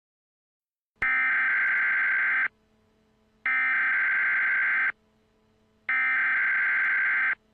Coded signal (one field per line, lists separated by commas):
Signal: Emergency Alert System (SAME) tones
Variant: header bursts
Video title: EAS Scenario: Team Flare's Attack on Kalos